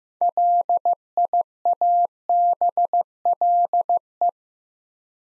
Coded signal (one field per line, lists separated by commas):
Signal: Morse code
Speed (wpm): 15 wpm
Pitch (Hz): 700 Hz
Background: none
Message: LIABLE